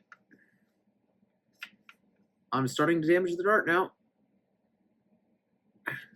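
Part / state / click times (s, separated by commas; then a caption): foam dart onto toy blaster peg / not seated / none. A foam dart is forced onto the peg inside a toy blaster, with faint short scuffs and ticks near 0.1, 1.6 and 1.9 s and a brief sharp sound at 5.9 s, while someone talks in between. The dart will not go fully home onto the peg because of the way the peg is set up at the bottom, and it is starting to get damaged. Nothing has seated or clicked yet.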